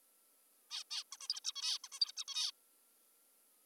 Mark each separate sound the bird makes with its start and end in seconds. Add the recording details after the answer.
0.71-0.84, 0.91-1.04, 1.12-1.17, 1.21-1.28, 1.29-1.40, 1.44-1.52, 1.56-1.78, 1.84-1.88, 1.92-2.00, 2.01-2.12, 2.17-2.24, 2.28-2.51. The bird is an adult. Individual g19o3U